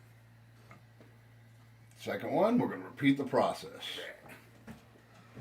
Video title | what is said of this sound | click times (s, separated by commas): How to build your own PC 101 | Two, you get another click. | 0.7 s